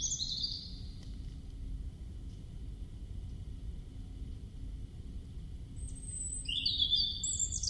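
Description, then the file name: European robin giving short high warbled fragments: a brief trill at the start, a long quiet gap, then thin whistles and a tinkling phrase near the end, over low hiss. "Erithacus rubecula"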